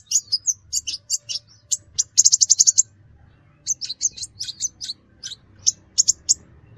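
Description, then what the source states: Brown-throated sunbird singing a fast, high series of sharp chirping notes, with a quick burst of rapid ticking notes midway, then more scattered bright chips. Described as gacor, in vigorous, persistent song.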